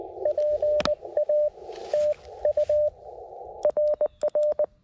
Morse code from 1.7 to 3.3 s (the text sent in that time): TU